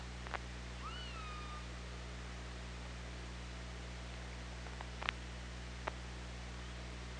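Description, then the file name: Killer whale call underwater, one bending harmonic cry near the start followed by a few loud isolated clicks over steady low hum. Recorded on OrcaLab hydrophone, 24 August 2017, 18:03:36. "Orca Lab 20170824 180336"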